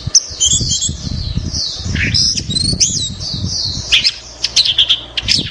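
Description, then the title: Orange-headed thrush pouring out high, squeaky warbling notes while rustling and low thumping noises run beneath much of the recording. "Anis Merah"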